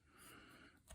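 An engine component is pushed down onto a Volvo T5 engine block after being found not fully engaged. A steady, breathy hiss with faint low rumble is heard, then two short sharp transients at 0.9 s and 1.0 s. Nothing has seated or clicked yet.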